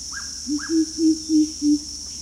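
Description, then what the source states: Greater coucal uttering five deep booming hoots in steady sequence, preceded by two short falling whistles, over a continuous shrill insect drone. Recorded at Danum on 1 April 2006.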